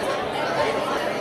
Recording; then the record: background sound without coughing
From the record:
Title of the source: CITY SOUNDS Busy Bar in the Evening Night - 2 HOURS of Ambiance for Relaxation